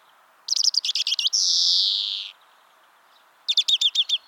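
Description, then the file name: European greenfinch calling: a rapid chattering trill of about eight notes runs into a long, nasal buzzy wheeze, followed after a pause by another short twittering trill. "Chloris chloris"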